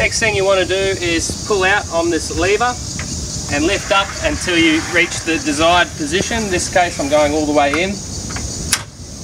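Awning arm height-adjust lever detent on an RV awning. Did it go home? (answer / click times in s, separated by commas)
yes / 8.7 s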